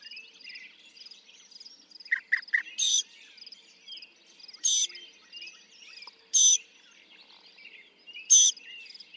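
Northern mockingbird song: a few quick chips, then loud raspy bursts repeated about every two seconds, with a constant high insect drone behind.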